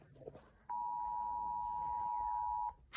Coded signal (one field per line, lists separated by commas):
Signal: Emergency Alert System (SAME) tones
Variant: 853 and 960 Hz attention tone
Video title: Eas alarms talking